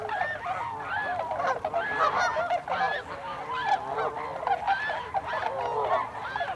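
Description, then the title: Tundra swan chorus, many birds giving overlapping whooping, bugle-like calls in a ceaseless mass of sound. Recorded 26 December 2020. "2020 12 26 Tundra Swans"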